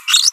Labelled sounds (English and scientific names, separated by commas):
Green-rumped Parrotlet (Forpus passerinus) babbling